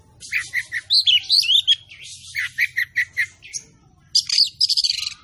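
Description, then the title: Oriental magpie-robin singing a rapid, varied song of sharp whistled notes, slurred rising-falling phrases and harsh buzzy bursts, with a brief pause before a final run of notes. Vigorous, persistent 'tembakan' (shooting) song, said to provoke other magpie-robins into fighting song immediately. "Kacer Langsung Tarung Konslet KACER NGOTOT FULL TEMBAKAN. Kacer gacor"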